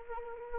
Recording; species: mosquito wingbeat signal from an infrared sensor; Anopheles arabiensis